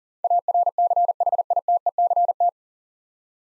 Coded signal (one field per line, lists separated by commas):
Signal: Morse code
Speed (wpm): 40 wpm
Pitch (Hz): 700 Hz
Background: none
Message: ARCHITECT